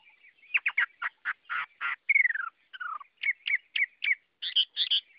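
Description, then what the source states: Chinese hwamei song mixing harsh, buzzy notes with long descending whistled slurs and short bright repeated whistles. Song described as 'giọng rừng', the forest-voice style.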